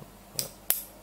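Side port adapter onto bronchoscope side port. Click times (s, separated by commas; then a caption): 0.4 s, 0.7 s. A side port adapter, lined up by its zero marks, is pushed onto the side port of a bronchoscope. Two short, sharp clicks sound at 0.4 s and 0.7 s, the second louder, and the adapter is seated in place. No one talks during the clip.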